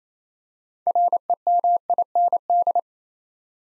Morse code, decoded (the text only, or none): REMIND